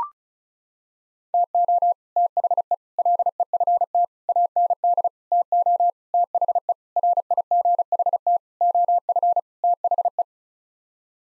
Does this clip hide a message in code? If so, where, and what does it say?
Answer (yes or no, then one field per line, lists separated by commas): yes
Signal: Morse code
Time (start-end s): 1.3-10.2 s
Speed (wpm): 34 wpm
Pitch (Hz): 700 Hz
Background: none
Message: TO THE LEFT AND TO THE RIGHT OF THE